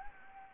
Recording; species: mosquito wingbeat signal from an infrared sensor; Anopheles gambiae